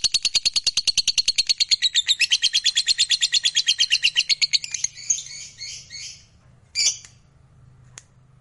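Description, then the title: Lovebird song of rapid shrill chirps for about five seconds, then a few scattered sharp notes over a faint low hum. Fighter-type lovebird, described as gacor, singing energetically. "Berkat SUARA Lovebird FIGHTER GACOR Ini"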